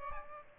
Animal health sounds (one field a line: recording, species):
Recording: mosquito wingbeat signal from an infrared sensor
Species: Aedes albopictus